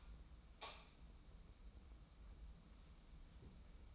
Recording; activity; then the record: daily activity, microphone in the room; light on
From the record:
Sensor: 1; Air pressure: 994.4 hPa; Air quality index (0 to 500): 224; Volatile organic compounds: 1000 ppm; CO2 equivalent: 8075 ppm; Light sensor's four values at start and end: 130/294/132/144 and 133/307/136/149